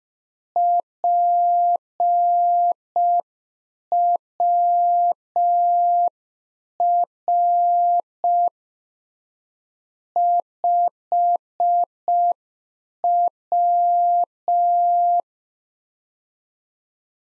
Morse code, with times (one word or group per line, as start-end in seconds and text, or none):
0.6-8.5 PWR
10.2-15.2 5W